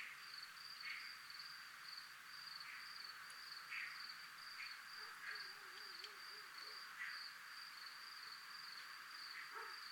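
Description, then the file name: Crickets calling with a continuous high, evenly pulsed trill; a faint low warbling sound wavers briefly near the middle, and soft bursts of hiss recur. Recorded in a military zone. "zona militar crickets"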